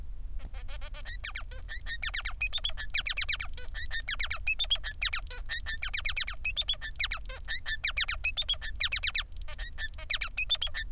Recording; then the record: song of a male Bengalese finch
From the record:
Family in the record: son of father 3